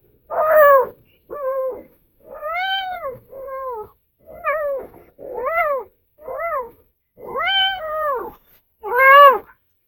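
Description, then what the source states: Fox pup giving a series of about ten arched, tonal whines, each rising then falling, some long and some short, with brief silences between them. A single fox pup, described as happy.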